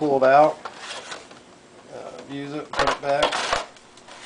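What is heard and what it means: Someone talks while handling the tilting compartment of a CNC-cut foam-board magazine rack: a magazine is pulled out of the tilting holder and the compartment is pushed back toward the rack frame, with a few light handling knocks and rustles. The clip ends before the compartment snaps into place, so nothing has seated or clicked yet.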